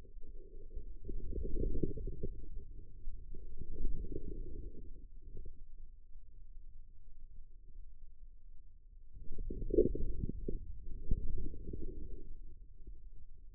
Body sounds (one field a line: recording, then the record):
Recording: forearm muscle sounds (acoustic myography)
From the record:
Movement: inward rotation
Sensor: system 2, bracelet of six BSWA MPA416 microphones around the upper forearm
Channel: 3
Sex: female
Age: 25 years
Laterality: right